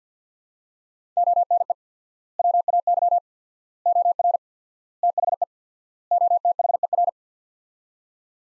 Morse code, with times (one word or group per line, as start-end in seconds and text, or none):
1.2-1.7 ONE
2.4-3.2 WAY
3.9-4.4 OR
5.0-5.4 THE
6.1-7.1 OTHER